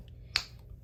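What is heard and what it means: A plastic hair piece is pulled off the head of a Power Rangers Lightning Collection Zeo Ranger 2 action figure to make room for its helmet. Against a quiet low hum, a single sharp, loud pop is heard at 0.4 seconds, with a bright crack that fades quickly. The hair piece comes free.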